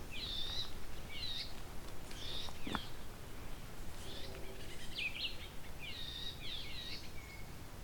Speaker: Got some red-eyed vireos vocalizing. Kind of yee call.